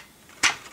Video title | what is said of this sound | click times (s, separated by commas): T2RX6 Reviews: KFC E.A.V.I. Citizen Stack | to push it till it snaps into position | 0.4 s